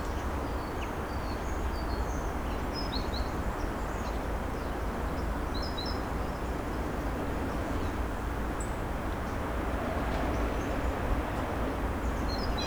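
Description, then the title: Birds give short high chirps and twittering notes in scattered bursts, set against a steady low rumble of background noise. Birds singing at Narbonne, France; recorded with a Zoom H6 recorder and Sennheiser MKE 600 microphone. "Narbonne, France - Birds Sing 03. Birds Narbonne 03"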